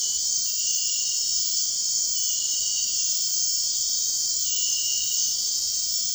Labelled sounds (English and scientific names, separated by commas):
none